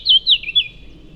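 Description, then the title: Eurasian blackcap giving three clear, slurred whistled notes in quick succession, each falling slightly, then quiet. Blackcaps recorded on a wide drivable track in the heart of Forêt de Chautagne, Serrières-en-Chautagne, France; forest near several roads; stereo parabola microphone with Zoom H4n Pro recorder. "Forêt de Chautagne - Serrières-en-Chautagne, France - Fauvette à tete noire"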